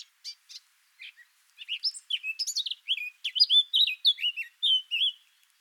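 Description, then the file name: Eurasian blackcap song opening with a few separate short notes, then building into a fast, varied warble of scratchy and whistled notes that runs almost to the end. "Sylvia atricapilla"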